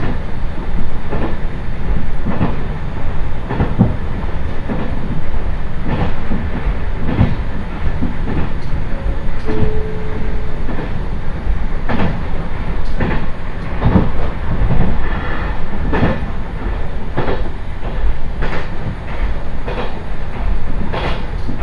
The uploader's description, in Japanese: 普通列車は１両のレールバスで数人程度の乗客ですが、土曜日ということもあり徐々に高校生が乗ってきたりと賑やかになってきます。